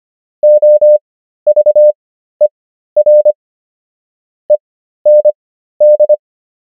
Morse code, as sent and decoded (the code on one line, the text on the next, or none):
--- ...- . .-. / . -. -..
OVER END